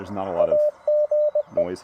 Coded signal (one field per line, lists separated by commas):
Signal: Morse code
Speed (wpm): 20 wpm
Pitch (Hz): 600 Hz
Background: speech, radio noise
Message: AGE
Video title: Lake Alma POTA with the TR-45L: Pre-Hamvention CW Activation with WD8RIF!